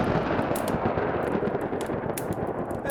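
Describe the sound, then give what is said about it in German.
Steady, loud crackling rumble of thunder in a storm, with sharp cracks breaking through a dense wash of noise for the full three seconds. No one speaks. “Aber das Gewitter, ich fürchte mich wirklich vor den Blitzen.”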